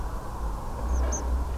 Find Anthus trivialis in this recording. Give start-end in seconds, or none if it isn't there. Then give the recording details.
0.88-1.21. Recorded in France